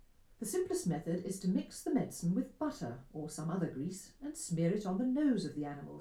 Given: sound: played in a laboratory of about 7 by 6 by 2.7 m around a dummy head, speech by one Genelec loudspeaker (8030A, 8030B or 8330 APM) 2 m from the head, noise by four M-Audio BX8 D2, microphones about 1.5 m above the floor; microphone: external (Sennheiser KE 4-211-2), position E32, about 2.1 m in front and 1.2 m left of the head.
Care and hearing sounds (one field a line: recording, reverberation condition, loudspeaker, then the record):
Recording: female speech in English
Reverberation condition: low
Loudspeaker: 90 degrees to the left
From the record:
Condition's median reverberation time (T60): about 310 ms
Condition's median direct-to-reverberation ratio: about 3.5 dB